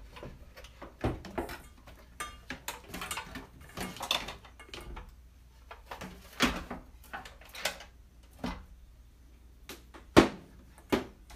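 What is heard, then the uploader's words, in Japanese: Okonomiyaki cooking: a low, steady sizzle runs underneath while sharp scraping and tapping sounds, likely a spatula against the griddle, come every second or so. The clatter is irregular and bright, with louder knocks near six and ten seconds. お好み焼きを焼く。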